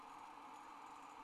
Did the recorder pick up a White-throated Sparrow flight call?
no